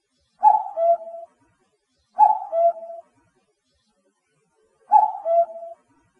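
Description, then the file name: Common cuckoo calling a two-note cu-coo, the second note lower and drawn out, given three times with a longer gap before the last. "kakkou"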